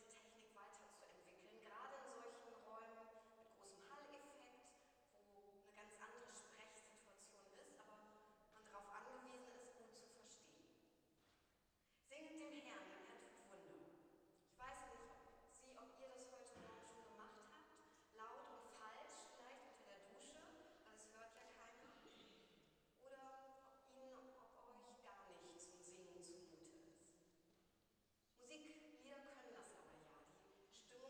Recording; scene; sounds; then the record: everyday scene through a hearing-aid microphone; reverberant space; speech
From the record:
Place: church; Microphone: in the ear canal, left